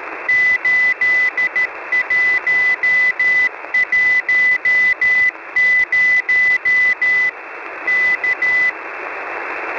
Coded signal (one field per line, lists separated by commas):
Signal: Morse code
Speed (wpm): 13 wpm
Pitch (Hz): 2000 Hz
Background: radio noise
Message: 8110 K